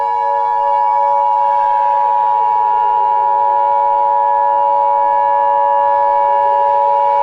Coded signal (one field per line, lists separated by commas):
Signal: Emergency Alert System (SAME) tones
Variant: 853 and 960 Hz attention tone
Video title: EAS Mock: The Boogeyman